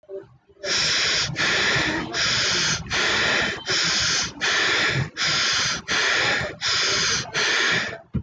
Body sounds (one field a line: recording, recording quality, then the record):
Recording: shallow breathing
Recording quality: excellent, no background noise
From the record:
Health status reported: respiratory illness, not identified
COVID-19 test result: not tested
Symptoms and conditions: cough, sore throat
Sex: male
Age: 19 years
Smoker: not ticked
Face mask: not worn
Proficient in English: yes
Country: India